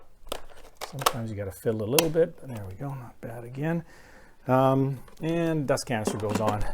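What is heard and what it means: Someone pushes the post-motor filter cover for the rinsable post-motor filter back onto the body of a Shark APEX UpLight upright vacuum, and a sharp click at 0.3 s marks it seating into place. Someone talks throughout.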